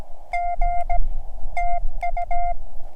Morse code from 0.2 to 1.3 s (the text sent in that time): G